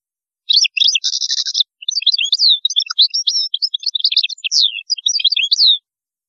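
European goldfinch song, a rapid stream of tinkling, twittering high notes with a dry buzzy rattle near the start.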